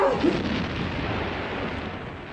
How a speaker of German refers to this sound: Was waren wieder Fliegerbomben auf die Batterie?